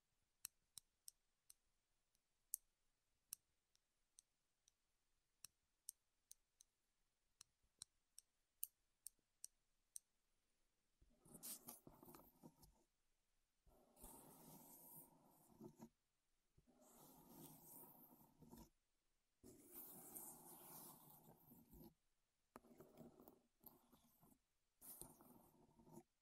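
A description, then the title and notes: Wood triggers begin with sparse, sharp taps and clicks scattered irregularly over the first ten seconds or so. After that come dense, hissing bursts of rubbing or scraping, each lasting a few seconds and separated by short silences, with occasional taps between them. ASMR Wood Triggers in Your Ears (No Talking).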